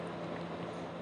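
A RAM module is pressed with both hands into a motherboard DIMM slot, where the side retention clips are meant to close by themselves with a "tak"-like sound when it locks. Only a steady broadband hum with a low tone is heard, with no sharp transients. Nothing has seated or clicked yet.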